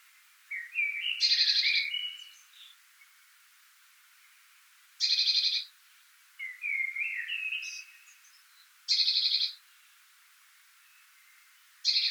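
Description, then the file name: Eurasian blue tit giving short buzzy churring bursts roughly every four seconds, mixed with softer twittering, wavering chatter between them. "Cyanistes caeruleus"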